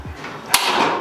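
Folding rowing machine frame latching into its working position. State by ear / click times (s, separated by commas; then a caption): seated / 0.5 s. A folding rowing machine frame is pulled up by its handle into its working position. After a low scraping rumble, a single sharp click at 0.5 s marks the latch engaging and locking the frame into place, followed by a brief rattle.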